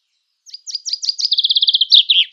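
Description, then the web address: Common chaffinch song opening: several descending sharp notes leading into a rapid even trill and the start of a flourish, cut off at the end. "Schulze Peter Chaffinch song"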